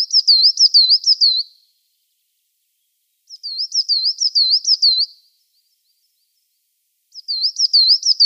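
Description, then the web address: Coal Tit song: high, wavering two-note phrases repeated several times per strophe, with strophes separated by short pauses; no other sounds. "Schulze Peter Coal Tit song"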